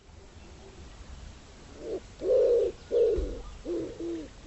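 Bird calling: after a quiet start, a run of low, hollow, rounded coos, several in quick succession, louder in the second half.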